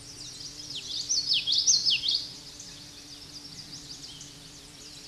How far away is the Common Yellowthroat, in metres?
about 5 m